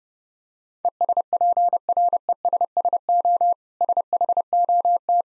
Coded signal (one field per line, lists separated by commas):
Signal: Morse code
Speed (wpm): 30 wpm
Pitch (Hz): 700 Hz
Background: none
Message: ESPRESSO SHOT